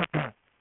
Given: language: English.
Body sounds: throat vibration sensor signal played as sound; throat clearing

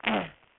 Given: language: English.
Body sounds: throat vibration sensor signal played as sound; throat clearing

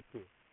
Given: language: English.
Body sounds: throat vibration sensor signal played as sound; speech

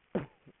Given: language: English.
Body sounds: throat vibration sensor signal played as sound; cough

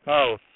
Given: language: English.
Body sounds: throat vibration sensor signal played as sound; speech

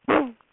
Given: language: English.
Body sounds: throat vibration sensor signal played as sound; throat clearing

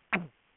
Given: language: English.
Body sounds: throat vibration sensor signal played as sound; throat clearing

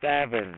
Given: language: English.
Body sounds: throat vibration sensor signal played as sound; speech

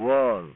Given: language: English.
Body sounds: throat vibration sensor signal played as sound; speech

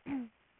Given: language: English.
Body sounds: throat vibration sensor signal played as sound; throat clearing

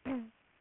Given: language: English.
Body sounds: throat vibration sensor signal played as sound; throat clearing

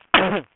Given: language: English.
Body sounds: throat vibration sensor signal played as sound; cough

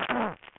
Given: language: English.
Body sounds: throat vibration sensor signal played as sound; throat clearing

